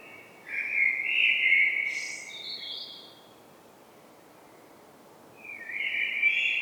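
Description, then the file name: Eurasian blackbird with a mellow fluted phrase and high squeaky tail, a quiet gap of about two seconds, then the start of another phrase. "Turdus merula"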